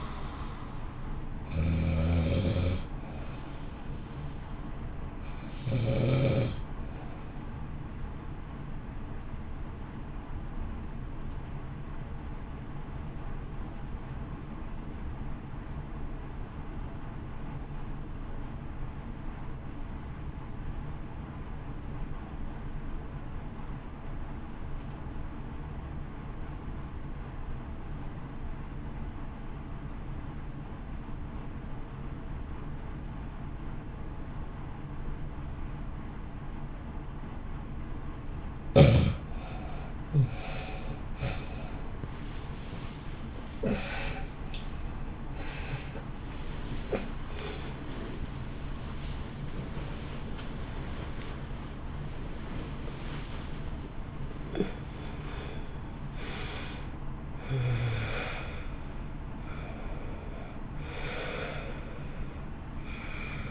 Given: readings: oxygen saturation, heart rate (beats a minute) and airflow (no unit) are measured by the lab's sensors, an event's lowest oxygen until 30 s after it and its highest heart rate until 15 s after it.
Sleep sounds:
breathing in sleep by a smartphone at the bedside; 1
15.00-40.40 s: obstructive apnea (REM, oxygen 98% highest, then 80% lowest, heart rate 55 at the start, 79 highest)
From the record:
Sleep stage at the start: REM sleep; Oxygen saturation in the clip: 80 to 98%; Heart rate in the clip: 54 to 83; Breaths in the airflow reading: 13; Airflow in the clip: -2.1 to 2.5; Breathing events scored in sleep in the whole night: 328 in 6.3 hours asleep

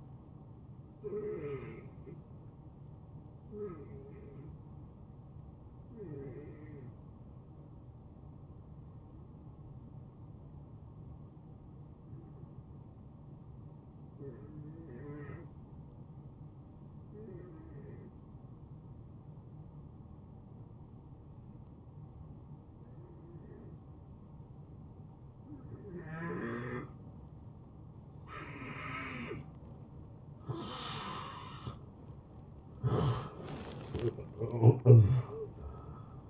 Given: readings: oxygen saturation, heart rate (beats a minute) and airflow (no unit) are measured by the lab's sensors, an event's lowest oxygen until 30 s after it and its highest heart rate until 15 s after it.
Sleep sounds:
breathing in sleep by a smartphone at the bedside; 1
5.00-29.30 s: hypopnea (N1, oxygen 93% highest, then 81% lowest, heart rate 78 at the start, 83 highest)
From the record:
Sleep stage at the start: N1 (lightest sleep); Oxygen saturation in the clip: 80 to 93%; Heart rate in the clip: 72 to 80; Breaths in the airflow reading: 7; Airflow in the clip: -19.6 to 7.6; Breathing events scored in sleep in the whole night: 263 in 5.5 hours asleep

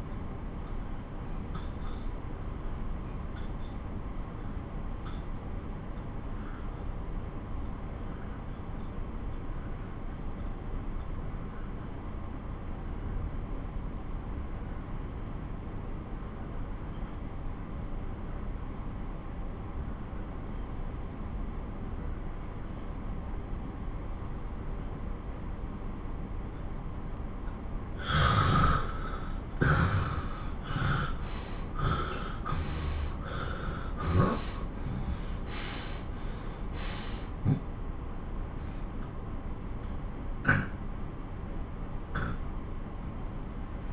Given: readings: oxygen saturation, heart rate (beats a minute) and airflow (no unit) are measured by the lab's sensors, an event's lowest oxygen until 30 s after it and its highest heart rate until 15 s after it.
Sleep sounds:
breathing in sleep by a smartphone at the bedside; 1
3.00-27.40 s: obstructive apnea (N2, oxygen 90% highest, then 86% lowest)
From the record:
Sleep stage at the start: N2 (light sleep); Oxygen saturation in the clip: 88 to 91%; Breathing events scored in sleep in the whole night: 217 in 6.3 hours asleep

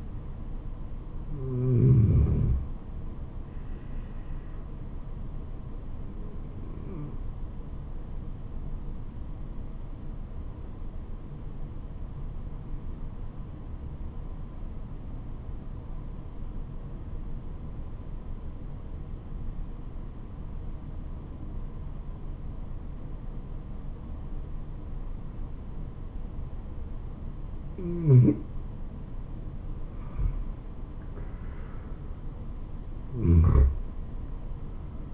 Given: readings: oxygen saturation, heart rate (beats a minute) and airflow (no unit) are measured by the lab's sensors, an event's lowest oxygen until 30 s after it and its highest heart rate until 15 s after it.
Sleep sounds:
breathing in sleep by a smartphone at the bedside; 1
7.00-31.10 s: obstructive apnea (N2, oxygen 96% highest, then 89% lowest, heart rate 76 at the start, 80 highest)
From the record:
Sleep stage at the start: N2 (light sleep); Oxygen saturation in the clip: 93 to 96%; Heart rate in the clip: 67 to 80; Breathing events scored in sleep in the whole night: 426 in 7.4 hours asleep

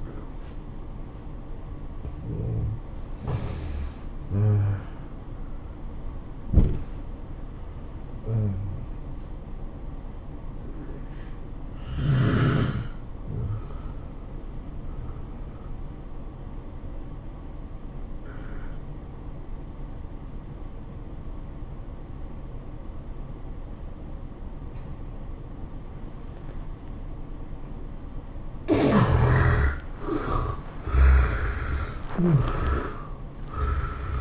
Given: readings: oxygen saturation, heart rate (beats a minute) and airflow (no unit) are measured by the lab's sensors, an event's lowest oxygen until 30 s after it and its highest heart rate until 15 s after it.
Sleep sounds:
breathing in sleep by a smartphone at the bedside; 1
7.00-28.60 s: hypopnea (N1, oxygen 96% highest, then 77% lowest, heart rate 102 at the start, 104 highest)
From the record:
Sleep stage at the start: N1 (lightest sleep); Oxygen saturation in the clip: 71 to 96%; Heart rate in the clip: 82 to 105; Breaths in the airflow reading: 6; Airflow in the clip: -10.0 to 10.7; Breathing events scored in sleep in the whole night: 403 in 5.5 hours asleep

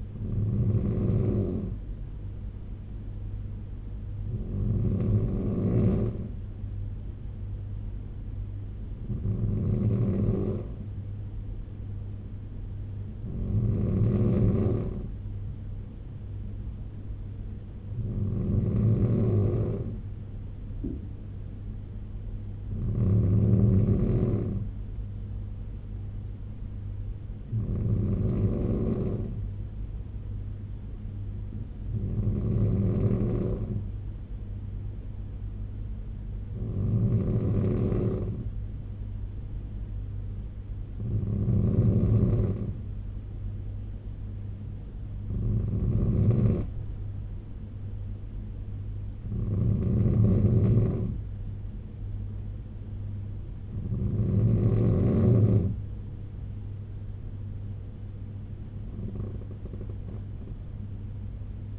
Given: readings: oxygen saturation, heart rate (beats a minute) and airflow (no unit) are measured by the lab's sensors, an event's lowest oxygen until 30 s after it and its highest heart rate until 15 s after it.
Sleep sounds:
breathing in sleep by a smartphone at the bedside; none
20.00-50.00 s: new sleep stage, N3 (deep sleep)
50.00-61.79 s: new sleep stage, N2 (light sleep)
From the record:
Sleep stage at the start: N2 (light sleep); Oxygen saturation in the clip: 94 to 95%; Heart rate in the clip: 67 to 76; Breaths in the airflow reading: 13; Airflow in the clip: -3.0 to 3.3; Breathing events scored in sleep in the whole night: 201 in 6.5 hours asleep

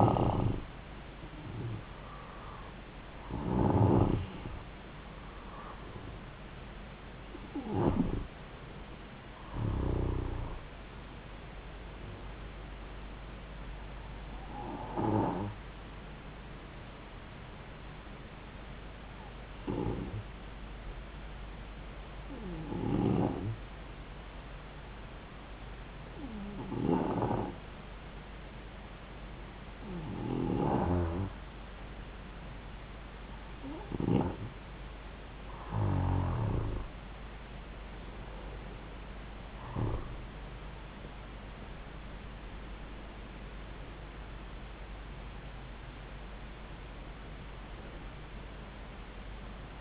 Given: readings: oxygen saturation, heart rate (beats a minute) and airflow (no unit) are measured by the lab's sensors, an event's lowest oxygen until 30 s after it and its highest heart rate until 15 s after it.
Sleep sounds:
breathing in sleep by a voice recorder at the bedside; 1
18.00-34.60 s: hypopnea (N2, oxygen 95% highest, then 92% lowest)
From the record:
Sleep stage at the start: N2 (light sleep); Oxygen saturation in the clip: 91 to 95%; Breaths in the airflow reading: 14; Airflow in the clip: -6.3 to 9.2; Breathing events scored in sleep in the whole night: 270 in 6.1 hours asleep

